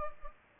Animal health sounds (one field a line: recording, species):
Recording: mosquito wingbeat signal from an infrared sensor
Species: Culex pipiens